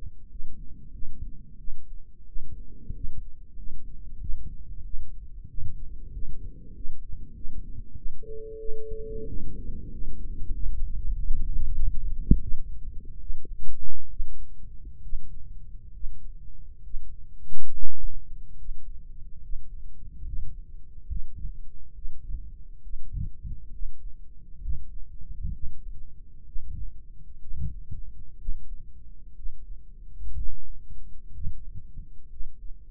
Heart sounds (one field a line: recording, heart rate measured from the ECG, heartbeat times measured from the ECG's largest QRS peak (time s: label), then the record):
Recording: heart sounds by microphone in the right ear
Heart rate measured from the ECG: 77 bpm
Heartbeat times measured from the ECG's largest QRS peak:
0.29 s: heartbeat
0.92 s: heartbeat
1.58 s: heartbeat
2.26 s: heartbeat
2.93 s: heartbeat
3.56 s: heartbeat
4.19 s: heartbeat
4.84 s: heartbeat
5.48 s: heartbeat
6.12 s: heartbeat
6.74 s: heartbeat
7.34 s: heartbeat
7.96 s: heartbeat
8.58 s: heartbeat
9.26 s: heartbeat
9.90 s: heartbeat
10.52 s: heartbeat
11.13 s: heartbeat
11.75 s: heartbeat
12.41 s: heartbeat
13.20 s: heartbeat
14.09 s: heartbeat
15.01 s: heartbeat
15.92 s: heartbeat
16.82 s: heartbeat
17.71 s: heartbeat
18.56 s: heartbeat
19.40 s: heartbeat
20.24 s: heartbeat
21.07 s: heartbeat
21.93 s: heartbeat
22.81 s: heartbeat
23.71 s: heartbeat
24.60 s: heartbeat
25.52 s: heartbeat
26.45 s: heartbeat
27.40 s: heartbeat
28.37 s: heartbeat
29.35 s: heartbeat
30.34 s: heartbeat
31.32 s: heartbeat
32.29 s: heartbeat
From the record:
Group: healthy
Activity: rest 0-9 s, breath hold 9-33 s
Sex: female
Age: 22 years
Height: 163 cm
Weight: 67.1 kg